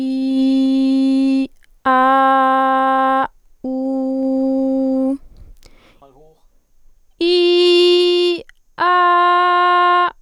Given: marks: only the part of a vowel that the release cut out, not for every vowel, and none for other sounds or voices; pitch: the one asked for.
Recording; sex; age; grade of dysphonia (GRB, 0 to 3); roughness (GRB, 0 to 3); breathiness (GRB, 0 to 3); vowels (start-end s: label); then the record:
sustained vowels; female; 20 to 29 years; 0; 0; 0
0.00-1.35 s: vowel /i/, normal pitch
1.98-2.79 s: vowel /a/, normal pitch
3.79-4.93 s: vowel /u/, normal pitch
7.36-8.29 s: vowel /i/, high pitch
8.91-9.98 s: vowel /a/, high pitch
From the record:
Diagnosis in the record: healthy voice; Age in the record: 21 years